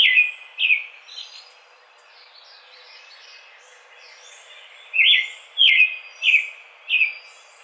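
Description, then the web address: American robin caroling song, two phrases and a soft one, a pause filled with faint high notes, then four more clear warbled phrases. Recorded 4 May 2009. "American Robin 2009 05 04"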